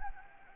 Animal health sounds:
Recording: mosquito wingbeat signal from an infrared sensor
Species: Anopheles gambiae

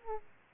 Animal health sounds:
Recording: mosquito wingbeat signal from an infrared sensor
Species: Aedes aegypti

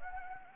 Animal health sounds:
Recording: mosquito wingbeat signal from an infrared sensor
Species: Anopheles gambiae

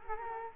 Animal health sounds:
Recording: mosquito wingbeat signal from an infrared sensor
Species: Culex quinquefasciatus

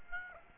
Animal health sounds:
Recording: mosquito wingbeat signal from an infrared sensor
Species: Aedes aegypti

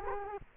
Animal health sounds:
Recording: mosquito wingbeat signal from an infrared sensor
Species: Culex quinquefasciatus

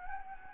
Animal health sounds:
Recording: mosquito wingbeat signal from an infrared sensor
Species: Anopheles gambiae

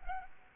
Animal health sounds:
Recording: mosquito wingbeat signal from an infrared sensor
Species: Aedes albopictus

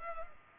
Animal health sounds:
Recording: mosquito wingbeat signal from an infrared sensor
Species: Culex pipiens

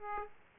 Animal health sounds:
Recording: mosquito wingbeat signal from an infrared sensor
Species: Aedes aegypti

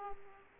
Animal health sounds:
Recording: mosquito wingbeat signal from an infrared sensor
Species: Aedes aegypti

